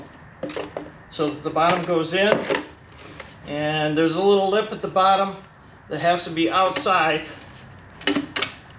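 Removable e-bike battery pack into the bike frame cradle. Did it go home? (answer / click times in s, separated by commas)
yes / 8.1 s, 8.4 s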